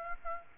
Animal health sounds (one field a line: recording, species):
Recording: mosquito wingbeat signal from an infrared sensor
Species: Aedes aegypti